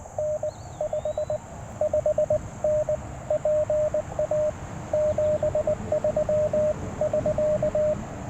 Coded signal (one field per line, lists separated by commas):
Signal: Morse code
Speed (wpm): 19 wpm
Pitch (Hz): 590 Hz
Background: radio noise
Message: N 55N PA 73<SK>